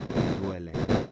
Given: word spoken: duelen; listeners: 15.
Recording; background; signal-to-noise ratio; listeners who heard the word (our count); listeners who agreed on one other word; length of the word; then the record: one Spanish word in noise, from a listening test; noise modulated by one talker; -7.1 dB; 0 of 15; 15 of 15; 0.72 s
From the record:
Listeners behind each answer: 15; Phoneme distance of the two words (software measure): 7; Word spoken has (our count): 2 syllables, 6 phonemes, stress on syllable 1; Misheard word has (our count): 2 syllables, 5 phonemes, stress on syllable 1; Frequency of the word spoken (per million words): 2.51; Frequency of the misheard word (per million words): 13.07